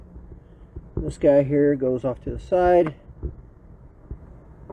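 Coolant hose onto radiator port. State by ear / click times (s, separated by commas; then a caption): not seated / none. A coolant hose is handled onto a side port of the radiator during a 2003 BMW 325i radiator installation, with the connection routed off to the side. Someone talks over faint low handling noise and a brief soft tap near 0.8 s. Nothing has seated or clicked yet.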